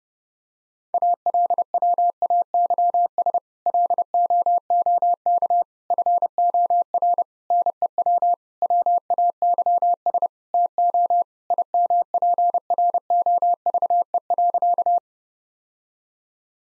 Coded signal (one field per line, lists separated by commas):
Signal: Morse code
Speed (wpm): 30 wpm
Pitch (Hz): 700 Hz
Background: none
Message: ALWAYS LOOK FOR NEW WAYS TO IMPROVE.